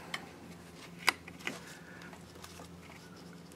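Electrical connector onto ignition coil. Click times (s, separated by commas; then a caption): 1.1 s. An electrical connector is plugged back onto an ignition coil and seats with a sharp click at 1.1 s, among a few smaller ticks and taps around 0.1, 1.3 and 1.5 s. The connector is confirmed seated on the coil.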